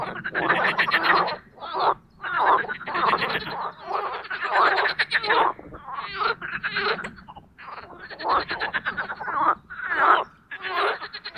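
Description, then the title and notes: Chorus of marsh frogs with long, throaty, pulsed laughing croaks following closely one after another, several frogs overlapping throughout. Spring mating chorus of marsh frogs in an artificial pond created for water activities at Parc Chédeville, Oise, after a cold night. "Les grenouilles et l’avion. Parc Chédeville dans l'Oise. des grenouilles rieuses se donnent rendez-vous au printemps pour un concert amoureux. La Grenouille rieuse ( Pelophylax ridibundus )"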